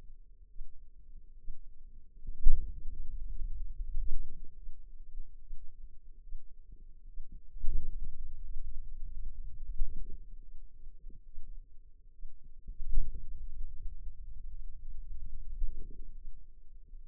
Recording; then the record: forearm muscle sounds (acoustic myography)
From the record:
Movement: finger pinch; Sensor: system 2, bracelet of six BSWA MPA416 microphones around the upper forearm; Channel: 1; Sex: female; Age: 25 years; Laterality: right